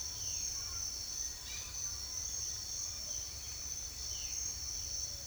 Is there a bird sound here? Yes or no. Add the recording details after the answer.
yes. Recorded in secondary vegetation near Puerto Asís, Putumayo, Colombia, on 4 March 2025 at 07:00. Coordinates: 0.500, -76.326. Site GP04